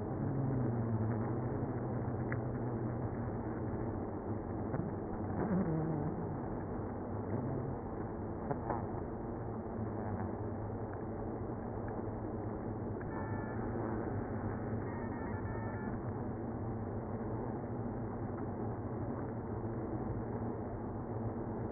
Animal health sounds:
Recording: honeybee colony, microphone inside the hive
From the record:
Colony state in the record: queenless (queen removed)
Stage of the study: after two queens were removed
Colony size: about 60,000 bees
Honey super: yes

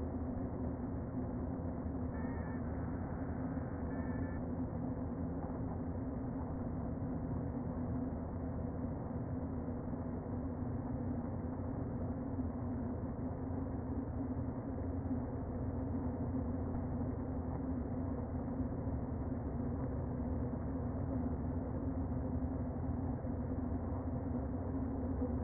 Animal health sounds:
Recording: honeybee colony, microphone inside the hive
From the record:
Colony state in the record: queen present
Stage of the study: before two queens were removed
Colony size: about 60,000 bees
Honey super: yes

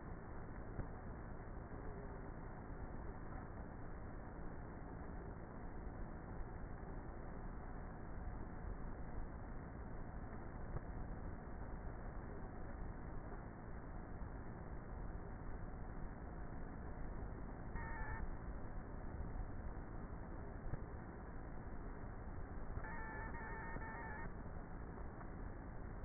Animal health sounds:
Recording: honeybee colony, microphone inside the hive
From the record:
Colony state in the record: queenless with a low population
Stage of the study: before two queens were removed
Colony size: about 30,000 bees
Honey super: no

